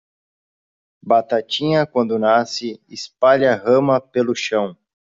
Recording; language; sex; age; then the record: short text; Brazilian Portuguese; male; 30 to 39 years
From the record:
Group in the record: control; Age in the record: 31 years